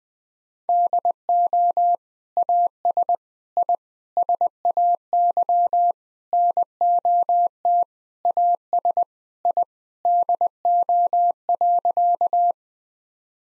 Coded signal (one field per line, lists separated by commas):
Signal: Morse code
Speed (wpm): 21 wpm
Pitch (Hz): 700 Hz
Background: none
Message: DO AS I SAY NOT AS I DO.